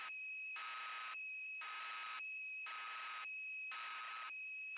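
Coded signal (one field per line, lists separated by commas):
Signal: computer data on cassette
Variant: Yamaha DX9 patch data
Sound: harsh buzzing data bursts about every second, separated by a steady high tone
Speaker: I've turned the level up, so hopefully this time it'll work.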